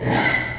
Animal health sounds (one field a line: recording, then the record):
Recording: squeal of a Yucatan mini pig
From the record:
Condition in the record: before surgery on the right vocal fold (resection and tissue-engineered implant)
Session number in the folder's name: 2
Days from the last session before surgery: 0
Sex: male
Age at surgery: 12 weeks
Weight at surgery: 13 kg